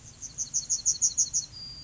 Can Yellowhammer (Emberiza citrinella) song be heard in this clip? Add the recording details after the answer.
yes. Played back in grassland. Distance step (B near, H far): D. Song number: 034